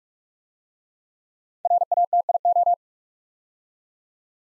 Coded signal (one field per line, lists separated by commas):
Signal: Morse code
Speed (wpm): 44 wpm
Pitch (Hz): 700 Hz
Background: none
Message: RATIO